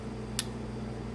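On a Protech Doru left-handed automatic folding knife, the blade is fully closed into the metal handle and the button lock snaps in to hold it shut, giving a single sharp, bright click at 0.4 s. A steady low hum continues underneath, and the lock is seated, keeping the knife closed.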